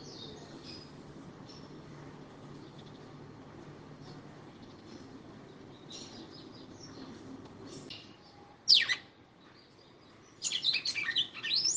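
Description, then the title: Red-cowled cardinal song: faint scattered chirps, then one loud sweeping note and a final burst of bright, high twittering phrases. Fiery female singing to the male. "Canto Galo Campina Fêmea. FÊMEA DE GALO DE CAMPINA FOGOSA CANTANDO PRO MACHO"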